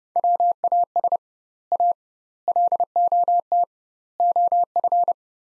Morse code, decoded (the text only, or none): WAS A LOT OF